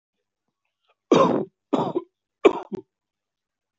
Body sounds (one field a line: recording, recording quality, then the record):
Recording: shallow voluntary cough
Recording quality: excellent, no background noise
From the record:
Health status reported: respiratory illness, not identified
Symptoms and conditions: breathing difficulty, hypertension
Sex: male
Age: 56 years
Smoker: yes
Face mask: not worn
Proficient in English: yes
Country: India